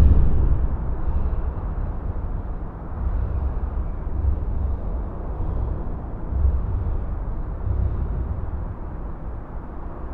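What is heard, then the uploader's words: A deep, continuous rumble recorded beneath a motorway bridge, heavy in the low end with almost nothing above a muffled mid-range. The drone swells and eases gently every couple of seconds as traffic passes overhead, with brief thuds near the start and around six seconds. Field recording beneath the M4 Severn Bridge on the Severn Beach side. Gear: Sony PCM-M10 built-in mics. Under The M4 Severn Bridge.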